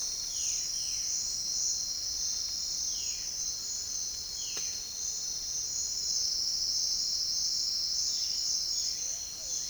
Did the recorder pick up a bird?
yes